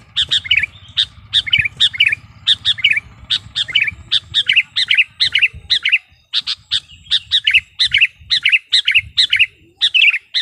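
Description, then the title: Sooty-headed bulbul song: quick bursts of bubbly, slurred chirps repeated in rapid runs throughout, over a low steady hum in the first half. "kutilang"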